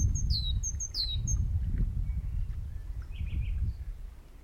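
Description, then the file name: Great tit gives a quick run of high two-part notes in the first second and a half, then falls quiet against a constant low rumble. "Parus major"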